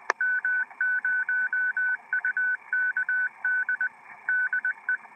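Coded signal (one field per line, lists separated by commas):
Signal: Morse code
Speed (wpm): 20 wpm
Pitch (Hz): 1500 Hz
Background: none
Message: M0UKD DE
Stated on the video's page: Reception on 472 kHz via a homebuilt transverter based on a published design.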